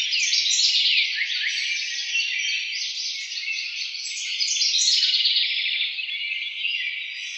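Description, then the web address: House wren giving a continuous tumbling chatter of quick trilled phrases, high and bubbly throughout. Recorded 4 January 2007. "House Wren 2007 01 04 House Wren 02"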